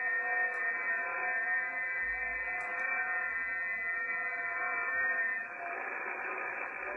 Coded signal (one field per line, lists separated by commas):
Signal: FT8